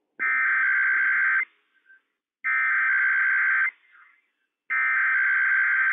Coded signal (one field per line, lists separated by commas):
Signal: Emergency Alert System (SAME) tones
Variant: header bursts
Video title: Required Weekly Test - WWF56 - EAS #26 - 11:00 AM PST 12/21/20